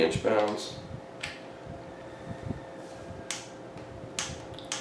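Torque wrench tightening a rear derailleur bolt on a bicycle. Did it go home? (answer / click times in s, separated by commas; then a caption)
yes / 4.2 s, 4.7 s. A preset torque wrench tightens a bolt on a bicycle's Shimano 105 rear derailleur. Someone talks at the start, then the wrench gives its sharp release clicks at about 4.2 s and 4.7 s. The clicks confirm the bolt has reached the set torque and tightening should stop.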